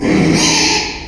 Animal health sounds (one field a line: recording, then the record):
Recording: squeal of a Yucatan mini pig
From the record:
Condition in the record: after surgery on the right vocal fold (resection and tissue-engineered implant)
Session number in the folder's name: 2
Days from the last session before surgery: 13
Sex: male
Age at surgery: 12 weeks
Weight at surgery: 13 kg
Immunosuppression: cyclosporine, prednisolone